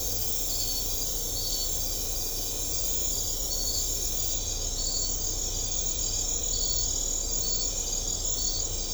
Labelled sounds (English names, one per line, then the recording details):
none
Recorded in secondary vegetation near Puerto Asís, Putumayo, Colombia, on 16 December 2024 at 00:30
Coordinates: 0.500, -76.326
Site G065